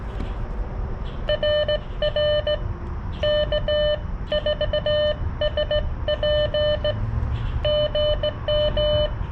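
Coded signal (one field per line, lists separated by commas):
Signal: Morse code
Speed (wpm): 17 wpm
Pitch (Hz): 600 Hz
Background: none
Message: RR K4SP GM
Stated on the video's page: CW Parks On The Air activation sent on a Palm Radio Portable straight key with a Xiegu X6200 at about 6 W; poor band conditions.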